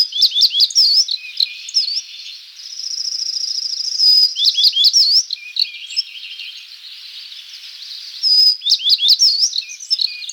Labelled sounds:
Tristram's Bunting song

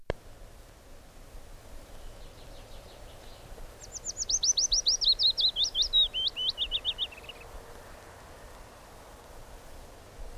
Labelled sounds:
Willow Warbler song

